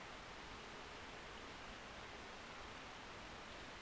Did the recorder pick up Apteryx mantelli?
no